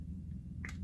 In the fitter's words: they've got a really nice positive seal you can hear it pop